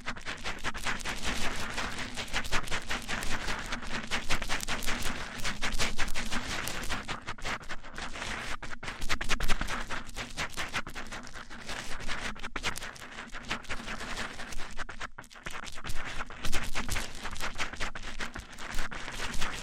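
Mic-on-mic triggers: a dense, continuous stream of rapid scratchy rubbing and crackling, with a steady low hum underneath for twenty seconds.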